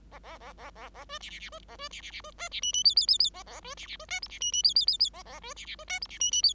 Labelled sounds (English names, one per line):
Bengalese Finch song